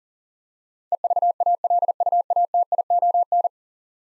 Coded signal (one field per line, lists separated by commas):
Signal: Morse code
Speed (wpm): 40 wpm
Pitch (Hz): 700 Hz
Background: none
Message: EVALUATION